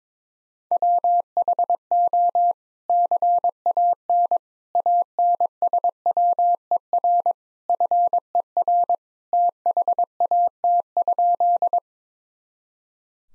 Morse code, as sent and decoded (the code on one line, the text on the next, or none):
.-- .... --- / -.-. .- -. / .- -. ... .-- . .-. / ..-. . .-. / - .... .- - ..--..
WHO CAN ANSWER FER THAT?